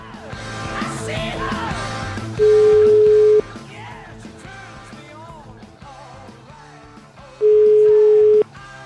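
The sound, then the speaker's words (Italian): A telephone line rings twice, each ring a steady, loud, one-second mid-pitched tone separated by a few seconds, sounding over busy background music, as a fake Grillo's prank call is placed to Vittorio Sgarbi on the radio show La Zanzara. “Allora, telefonata del finto Grillo a Sgarbi, che cade in questa piccola trappola della Zanzara.”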